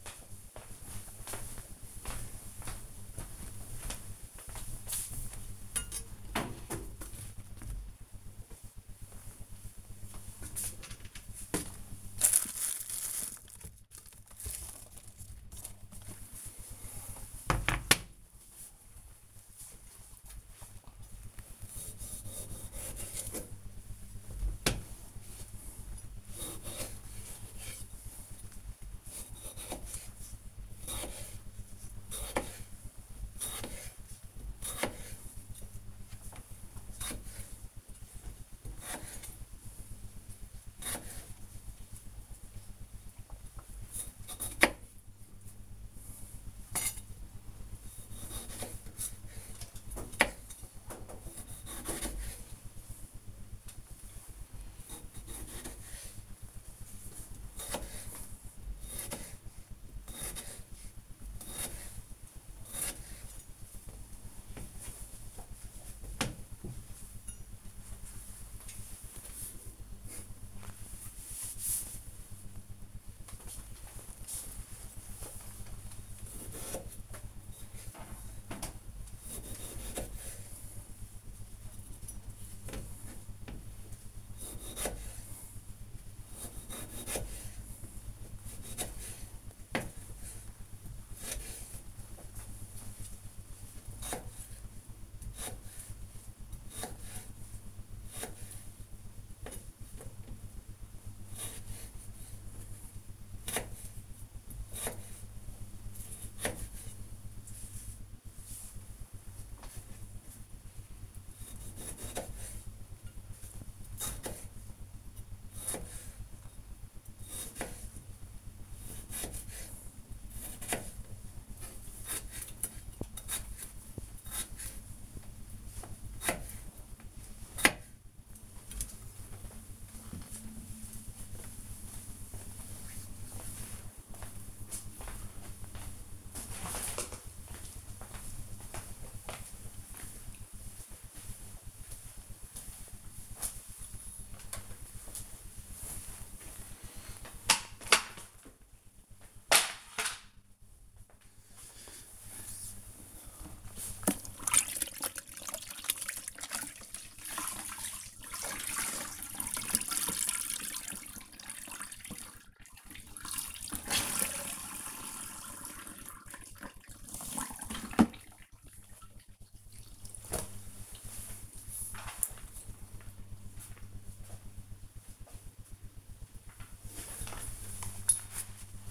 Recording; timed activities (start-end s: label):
household activities, microphone on the right wrist
17.40-66.75 s: cutting vegetables
72.78-129.10 s: cutting vegetables
144.17-178.91 s: floor cleaning